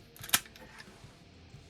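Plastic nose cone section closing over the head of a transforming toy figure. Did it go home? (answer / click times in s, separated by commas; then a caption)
yes / 0.3 s. On a plastic Fanstoys Viper transforming robot figure, the nose cone section is folded up to enclose the head, with faint handling ticks around 0.2 s. A sharp plastic click sounds at 0.3 s as the section clicks into place and seats, followed by a softer tick near 0.6 s and quiet handling.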